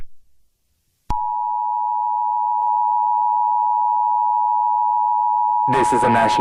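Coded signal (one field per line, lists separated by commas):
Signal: Emergency Alert System (SAME) tones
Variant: 853 and 960 Hz attention tone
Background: speech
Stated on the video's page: Fictional EAS scenario, not a real alert.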